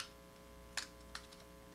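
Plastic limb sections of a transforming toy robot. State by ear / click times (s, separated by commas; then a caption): seated / 0.8 s, 1.2 s. Plastic limb sections of a transforming toy robot are pulled back until they lock into place. Two sharp clicks are heard at 0.8 s and 1.2 s against a quiet background. The parts are confirmed seated.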